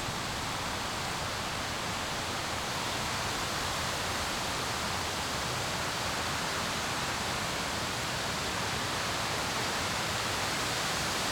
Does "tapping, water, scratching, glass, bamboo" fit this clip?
no